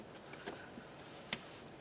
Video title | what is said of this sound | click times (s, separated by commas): How To Replace Power Steering Pump 1999-2003 Toyota Solara | there's a little click i heard it and felt it give it a little wiggle that feels great | 1.3 s